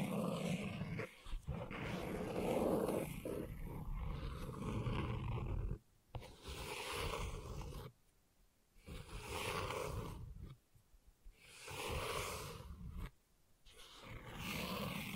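Gentle scratching comes in rough, rasping bursts a few seconds long, separated by brief silences near 1, 6, 8, 10.5 and 13 seconds. The strokes are dense and gritty, with a low rumbling body under a thin, hissing top.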